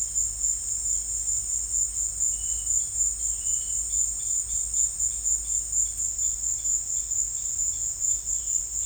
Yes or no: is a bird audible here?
yes